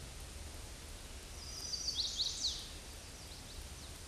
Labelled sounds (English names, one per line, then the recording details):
Chestnut-sided Warbler song
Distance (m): 20 m
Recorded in a Pennsylvania forest on 18 May 2023 at 06:20
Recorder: AudioMoth, point grid1_19_low
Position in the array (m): 120 m, 209 m